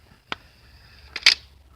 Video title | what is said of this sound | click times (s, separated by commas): Shooting and Talking about bows. EPIC FAIL!!!! | you hear it latch when | 0.3 s, 1.2 s